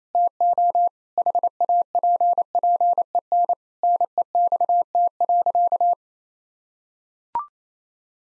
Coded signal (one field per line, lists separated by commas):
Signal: Morse code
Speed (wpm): 28 wpm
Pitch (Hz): 700 Hz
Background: none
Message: TO HAPPEN NEXT.